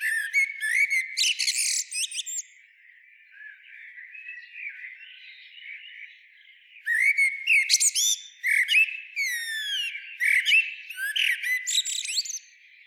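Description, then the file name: Eurasian blackbird producing dense, high twittering phrases mixed with sliding whistles and clicky notes, a short burst at the start and a longer run after a pause. "Turdus merula"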